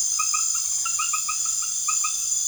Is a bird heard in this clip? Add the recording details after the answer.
no. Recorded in secondary vegetation near Puerto Asís, Putumayo, Colombia, on 12 March 2025 at 22:00. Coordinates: 0.489, -76.322. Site G042